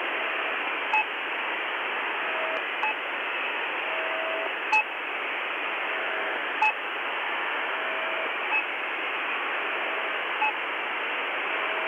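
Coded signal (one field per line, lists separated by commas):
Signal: channel marker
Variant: The Pip imitation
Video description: Likely to be a Russian radio pirate rather than a military channel marker, this is a particularly strong signal currently broadcasting constantly. The normal marker is very similar to the pip channel marker usually found on either 5448 kHz (day) or 3756 kHz (night).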